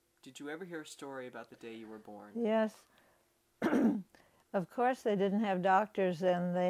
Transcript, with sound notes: Did you ever hear a story about the day you were born?
Yes. (she clears her throat) Of course, they didn't have doctors then.